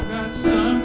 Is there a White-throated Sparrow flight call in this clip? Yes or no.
no